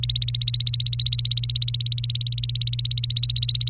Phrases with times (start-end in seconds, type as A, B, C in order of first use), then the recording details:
0.00-3.69 A. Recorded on 28 April 2018 at 09:14. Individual llb3